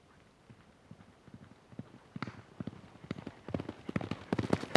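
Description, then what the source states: Horse hoofbeats growing steadily louder and sharper as the hooves strike the ground. Horse cantering by on dirt.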